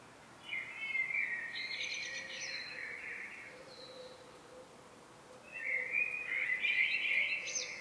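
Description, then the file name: Common blackbird song, a fluty warbled phrase with squeaky high notes, a pause, then a second similar phrase, over a soft steady hiss. "Turdus merula"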